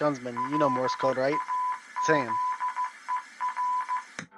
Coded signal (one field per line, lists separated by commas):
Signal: Morse code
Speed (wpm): 15 wpm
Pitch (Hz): 1000 Hz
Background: speech, radio noise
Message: LAZER